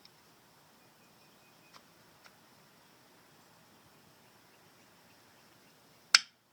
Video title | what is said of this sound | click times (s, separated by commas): How to Rebuild your Yamaha 4x4 Servo Assembly for Cheap | Snaps into place. | 6.1 s